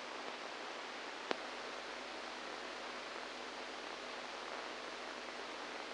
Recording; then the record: brain microelectrode recording played as sound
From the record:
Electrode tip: inside the subthalamic nucleus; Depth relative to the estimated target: -1 mm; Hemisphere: right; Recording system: NeuroSet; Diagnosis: Parkinson's disease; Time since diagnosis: 7 years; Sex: male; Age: 69 years